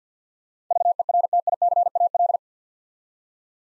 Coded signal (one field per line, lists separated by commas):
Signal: Morse code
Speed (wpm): 50 wpm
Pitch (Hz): 700 Hz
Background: none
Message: VERTICAL